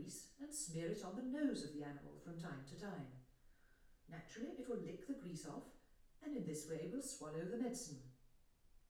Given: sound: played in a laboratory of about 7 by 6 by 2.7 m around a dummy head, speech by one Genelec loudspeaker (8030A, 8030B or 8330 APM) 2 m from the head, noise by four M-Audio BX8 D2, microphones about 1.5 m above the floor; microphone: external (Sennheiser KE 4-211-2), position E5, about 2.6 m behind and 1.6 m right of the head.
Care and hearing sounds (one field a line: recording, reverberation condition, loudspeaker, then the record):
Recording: female speech in English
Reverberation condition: medium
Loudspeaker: 30 degrees to the right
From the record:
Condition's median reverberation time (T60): about 510 ms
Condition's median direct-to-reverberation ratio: about -0.5 dB